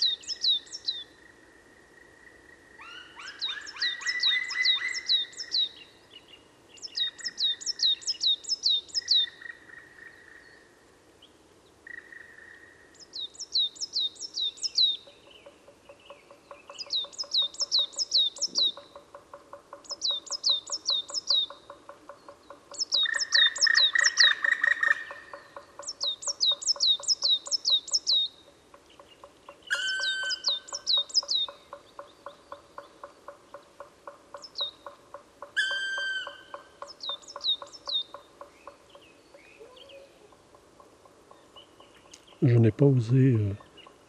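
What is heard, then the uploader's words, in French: A black woodpecker calls in repeated bursts of quick, bright, rattling notes, each series lasting a second or two and coming every few seconds throughout. Lower, ringing whistled notes sometimes run beneath, over a faint steady hum, and a brief low thump closes the recording. Forêt de Val Drôme - Parabole Wildtronic - mkh8020 - mixpre 3. Le Pic noir (Dryocopus martius).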